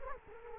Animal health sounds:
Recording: mosquito wingbeat signal from an infrared sensor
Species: Culex quinquefasciatus

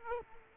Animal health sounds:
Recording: mosquito wingbeat signal from an infrared sensor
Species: Aedes aegypti

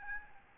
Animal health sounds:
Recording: mosquito wingbeat signal from an infrared sensor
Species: Aedes albopictus

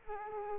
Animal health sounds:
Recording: mosquito wingbeat signal from an infrared sensor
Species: Culex quinquefasciatus

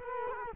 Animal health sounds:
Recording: mosquito wingbeat signal from an infrared sensor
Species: Culex quinquefasciatus

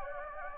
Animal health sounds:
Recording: mosquito wingbeat signal from an infrared sensor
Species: Anopheles gambiae

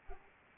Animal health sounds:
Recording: mosquito wingbeat signal from an infrared sensor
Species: Anopheles arabiensis

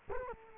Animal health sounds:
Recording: mosquito wingbeat signal from an infrared sensor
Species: Culex quinquefasciatus

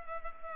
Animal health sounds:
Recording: mosquito wingbeat signal from an infrared sensor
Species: Culex pipiens

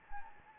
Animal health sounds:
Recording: mosquito wingbeat signal from an infrared sensor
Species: Anopheles gambiae

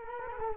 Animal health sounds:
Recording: mosquito wingbeat signal from an infrared sensor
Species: Culex quinquefasciatus

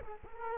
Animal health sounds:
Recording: mosquito wingbeat signal from an infrared sensor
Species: Culex quinquefasciatus

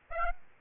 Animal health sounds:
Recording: mosquito wingbeat signal from an infrared sensor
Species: Aedes aegypti

